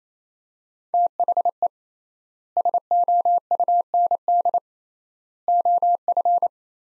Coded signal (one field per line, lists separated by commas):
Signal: Morse code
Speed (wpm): 28 wpm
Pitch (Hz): 700 Hz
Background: none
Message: THE SOUND OF